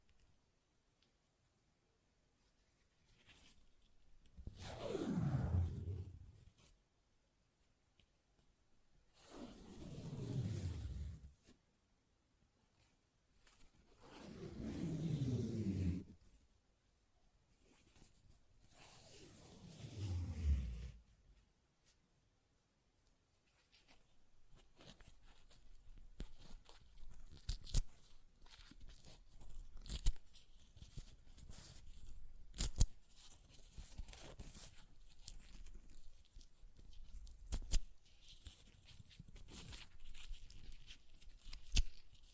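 Paper is torn in four separate long rips, one roughly every five seconds in the first twenty seconds, each with a rising, scratchy sweep. After a brief pause, a denser stretch of crinkling and small tearing follows, irregular and crackly, with sharp clicks scattered through it.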